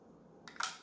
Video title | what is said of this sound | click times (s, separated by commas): Blackweb Wireless Earphones Product Review! | these, when you go to put it back in, it just snaps in. See, just | 0.5 s, 0.6 s